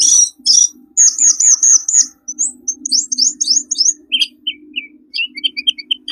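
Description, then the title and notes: Birds chirping rapidly, with looping high whistled phrases early, then short clipped lower notes repeated several times, and a soft steady hum behind. Lure sounds for attracting wary birds that are hard to approach. "Suara Burung Bandel Yang Susah Mendekati. Kompilasi Suara Pikat Burung"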